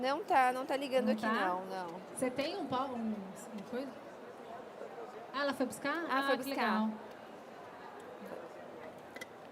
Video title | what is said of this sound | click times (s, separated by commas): Tomate assado recheado com pesto, ao vivo | eu acho que é encaixe, É. de encaixe, ele não tá encaixado. | none